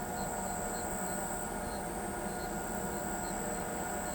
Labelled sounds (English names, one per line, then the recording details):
none
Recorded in pastures near Pivijay, Magdalena, Colombia, on 13 April 2023 at 23:00
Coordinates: 10.456, -74.369
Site P6-G026